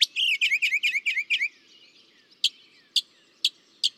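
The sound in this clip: Northern mockingbird delivering a fast burst of repeated raspy notes, then a few sharp isolated chips spaced about half a second apart.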